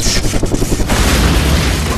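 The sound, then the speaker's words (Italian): The helicopter carrying Bill Graham slams into a high-voltage power pylon in rain and wind near Vallejo, California, in 1991, with a heavy, booming crash, followed by a loud, sustained roar of deep rumbling and crackling debris noise, with no voices. “Un terribile incidente in elicottero a Vallejo, California, si porta via Bill Graham nel 1991 a soli 60 anni, mentre sta tornando da un concerto organizzato al Cordon Pavilion, lontano appena 20 km.”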